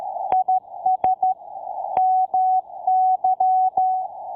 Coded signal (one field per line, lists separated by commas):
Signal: Morse code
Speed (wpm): 13 wpm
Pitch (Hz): 750 Hz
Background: none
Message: IS MY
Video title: Potassium Iodide and the Easiest Way to get Off Grid Power